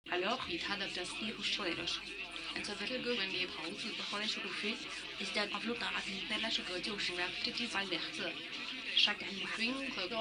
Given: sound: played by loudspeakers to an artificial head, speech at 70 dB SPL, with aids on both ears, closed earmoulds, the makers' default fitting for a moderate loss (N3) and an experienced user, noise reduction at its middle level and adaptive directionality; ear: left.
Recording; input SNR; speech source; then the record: speech test signal (ISTS) in cocktail-party noise; +9 dB; on the right (90 degrees)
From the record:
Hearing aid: class 2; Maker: D